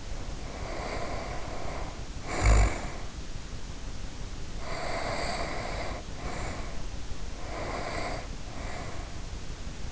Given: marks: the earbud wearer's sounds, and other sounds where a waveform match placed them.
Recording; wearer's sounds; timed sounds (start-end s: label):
sounds in sleep by an in-ear microphone; snoring breath, breath
0.00-3.21 s: snoring breath
4.57-6.91 s: breath
7.27-9.41 s: breath